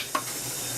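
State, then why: Seated. A power supply cable connector is pushed into the replacement motherboard of a desktop PC. Against a steady broadband hiss, one sharp, loud snap sounds at 0.2 s. The connector is seated.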